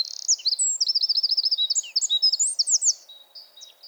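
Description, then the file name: Eurasian wren song: a fast, high, tinkling run of trills and sharp notes pouring out without pause for nearly four seconds. "Troglodytes troglodytes"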